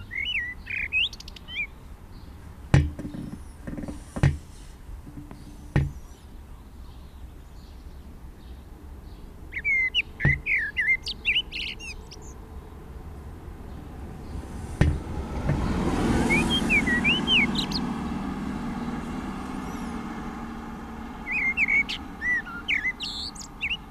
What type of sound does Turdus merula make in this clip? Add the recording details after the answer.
song. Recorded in the wild. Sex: male. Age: adult. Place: Garmisch-Partenkirchen, Bayern, DE. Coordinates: 47.4931, 11.0636. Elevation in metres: 784. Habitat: mountains. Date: 1968-04-20. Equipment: Nagra. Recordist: Tretzel, Erwin